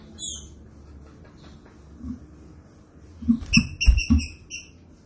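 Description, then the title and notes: Green-winged saltator song: a short burst of bright, clipped whistled notes with overtones, quickly repeated, plus low thumping knocks underneath. Training recording of the classic song style (canto clássico). "Canto Clássico Trinca Ferro TREINAMENTO. trinca fero"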